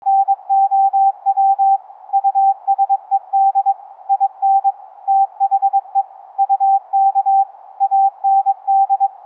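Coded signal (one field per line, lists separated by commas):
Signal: Morse code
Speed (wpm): 22 wpm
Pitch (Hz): 790 Hz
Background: none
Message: NOW USED IN THE UK AND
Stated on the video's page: Live demo of 11 Hz ELF through-the-earth cave radio CW, straight key and keyer, upconverted to audible pitch, sound card SDR, ferrite rod antennas.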